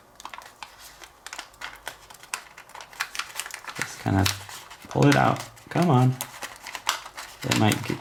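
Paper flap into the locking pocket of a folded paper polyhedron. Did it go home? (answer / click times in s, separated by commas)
no / none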